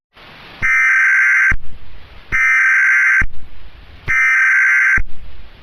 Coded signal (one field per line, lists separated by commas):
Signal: Emergency Alert System (SAME) tones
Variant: header bursts